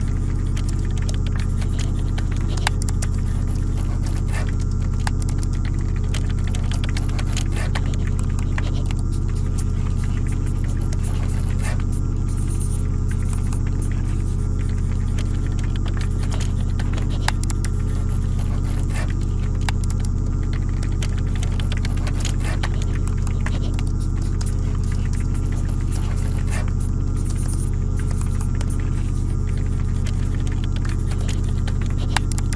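Coworkers typing and writing, heard as scattered light taps and clicks that come in loose bursts over a loud, steady low hum filling the room. The tapping is irregular and fairly quiet, while the deep drone stays constant throughout.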